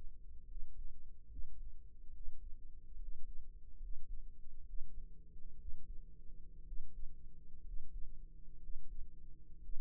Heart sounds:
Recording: heart sounds by microphone in the right ear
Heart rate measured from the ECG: 66 bpm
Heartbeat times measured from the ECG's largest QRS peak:
0.46 s: heartbeat
1.27 s: heartbeat
2.11 s: heartbeat
2.97 s: heartbeat
3.78 s: heartbeat
4.64 s: heartbeat
5.56 s: heartbeat
6.63 s: heartbeat
7.62 s: heartbeat
8.58 s: heartbeat
9.60 s: heartbeat
From the record:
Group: healthy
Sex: male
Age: 22 years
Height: 181 cm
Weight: 79 kg

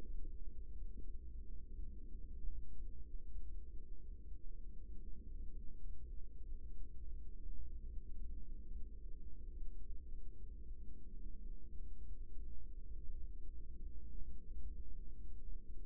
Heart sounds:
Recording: heart sounds by microphone in the right ear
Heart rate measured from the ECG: 78 bpm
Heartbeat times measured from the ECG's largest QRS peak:
0.05 s: heartbeat
0.72 s: heartbeat
1.41 s: heartbeat
2.11 s: heartbeat
2.77 s: heartbeat
3.49 s: heartbeat
4.22 s: heartbeat
5.00 s: heartbeat
5.75 s: heartbeat
6.42 s: heartbeat
7.09 s: heartbeat
7.85 s: heartbeat
8.67 s: heartbeat
9.52 s: heartbeat
10.33 s: heartbeat
11.13 s: heartbeat
12.00 s: heartbeat
12.90 s: heartbeat
13.78 s: heartbeat
14.59 s: heartbeat
15.43 s: heartbeat
From the record:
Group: healthy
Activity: rest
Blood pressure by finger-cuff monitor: 110/70 mmHg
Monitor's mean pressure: 86 mmHg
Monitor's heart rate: 79 bpm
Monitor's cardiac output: 6.5 L/min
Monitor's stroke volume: 81 mL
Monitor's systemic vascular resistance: 1000 dyn s/cm5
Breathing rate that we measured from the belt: 15 breaths a minute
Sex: female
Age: 24 years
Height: 163 cm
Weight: 55.7 kg

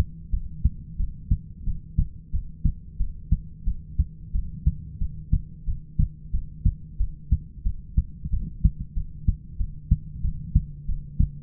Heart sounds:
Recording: heart sounds by stethoscope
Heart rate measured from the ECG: 91 bpm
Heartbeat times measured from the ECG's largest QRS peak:
0.31 s: heartbeat
0.98 s: heartbeat
1.65 s: heartbeat
2.32 s: heartbeat
2.98 s: heartbeat
3.65 s: heartbeat
4.33 s: heartbeat
4.99 s: heartbeat
5.66 s: heartbeat
6.32 s: heartbeat
6.98 s: heartbeat
7.64 s: heartbeat
8.31 s: heartbeat
8.95 s: heartbeat
9.58 s: heartbeat
10.23 s: heartbeat
10.87 s: heartbeat
From the record:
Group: heart failure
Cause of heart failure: ischemic heart disease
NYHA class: 1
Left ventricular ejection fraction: 38%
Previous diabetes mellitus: present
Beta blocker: bisoprolol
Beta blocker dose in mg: 15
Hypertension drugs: sacubitril-valsartan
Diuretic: furosemide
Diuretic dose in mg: 20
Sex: male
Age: 33 years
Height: 172 cm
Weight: 78.5 kg

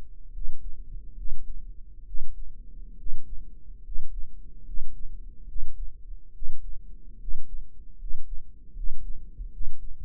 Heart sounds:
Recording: heart sounds by microphone in the right ear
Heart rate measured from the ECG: 72 bpm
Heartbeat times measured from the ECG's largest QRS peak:
0.31 s: heartbeat
1.14 s: heartbeat
2.04 s: heartbeat
2.95 s: heartbeat
3.81 s: heartbeat
4.63 s: heartbeat
5.45 s: heartbeat
6.32 s: heartbeat
7.17 s: heartbeat
7.96 s: heartbeat
8.73 s: heartbeat
9.50 s: heartbeat
From the record:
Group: healthy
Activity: rest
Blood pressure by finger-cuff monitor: 107/68 mmHg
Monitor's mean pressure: 75 mmHg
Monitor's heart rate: 72 bpm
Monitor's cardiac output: 6.8 L/min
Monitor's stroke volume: 95 mL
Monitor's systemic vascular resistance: 830 dyn s/cm5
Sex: male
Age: 23 years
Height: 178 cm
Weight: 96.6 kg

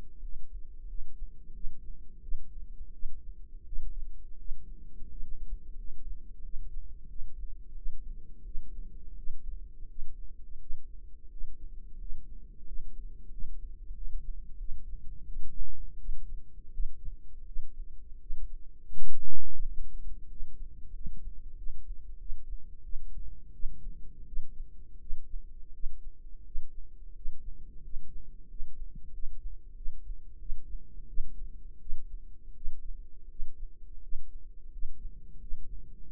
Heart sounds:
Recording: heart sounds by microphone in the right ear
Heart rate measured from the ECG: 87 bpm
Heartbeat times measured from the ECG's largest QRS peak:
0.19 s: heartbeat
0.86 s: heartbeat
1.52 s: heartbeat
2.20 s: heartbeat
2.90 s: heartbeat
3.63 s: heartbeat
4.36 s: heartbeat
5.07 s: heartbeat
5.75 s: heartbeat
6.41 s: heartbeat
7.07 s: heartbeat
7.74 s: heartbeat
8.43 s: heartbeat
9.15 s: heartbeat
9.86 s: heartbeat
10.58 s: heartbeat
11.28 s: heartbeat
11.96 s: heartbeat
12.63 s: heartbeat
13.29 s: heartbeat
13.93 s: heartbeat
14.57 s: heartbeat
15.24 s: heartbeat
15.96 s: heartbeat
16.70 s: heartbeat
17.44 s: heartbeat
18.18 s: heartbeat
18.89 s: heartbeat
19.59 s: heartbeat
20.27 s: heartbeat
20.91 s: heartbeat
21.55 s: heartbeat
22.17 s: heartbeat
22.81 s: heartbeat
23.51 s: heartbeat
24.24 s: heartbeat
24.98 s: heartbeat
25.71 s: heartbeat
26.42 s: heartbeat
27.13 s: heartbeat
27.81 s: heartbeat
28.46 s: heartbeat
29.11 s: heartbeat
29.74 s: heartbeat
30.38 s: heartbeat
31.06 s: heartbeat
31.78 s: heartbeat
32.53 s: heartbeat
33.27 s: heartbeat
34.00 s: heartbeat
34.69 s: heartbeat
35.38 s: heartbeat
36.04 s: heartbeat
From the record:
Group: healthy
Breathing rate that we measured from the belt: 8 breaths a minute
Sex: male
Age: 33 years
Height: 179 cm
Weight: 80.4 kg

